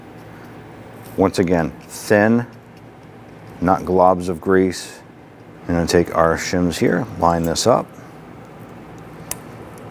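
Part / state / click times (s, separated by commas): brake pad shim onto the brake pad backing plate / seated / 9.3 s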